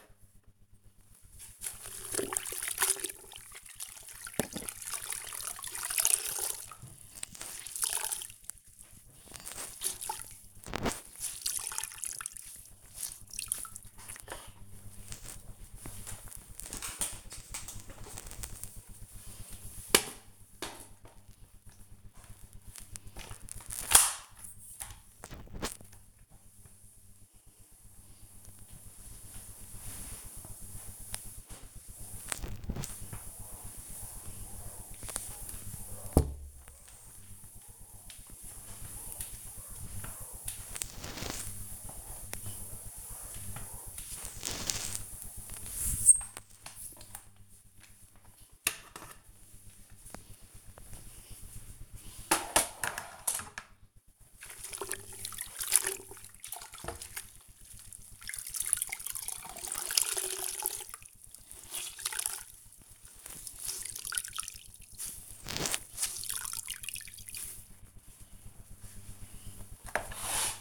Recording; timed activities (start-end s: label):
household activities, microphone on the right wrist
0.00-70.61 s: floor cleaning